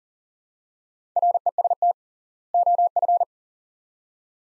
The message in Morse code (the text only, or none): REST OF